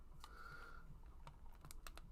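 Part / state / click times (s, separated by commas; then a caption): head onto action figure neck peg / not seated / none. A plastic head is handled against the neck peg of a McFarlane Toys Suicide Squad action figure, with faint light clicks and taps at about 0.2, 1.7, 1.9 and 2.0 s over a low background hum. The head has not popped onto the peg yet, and nothing has seated.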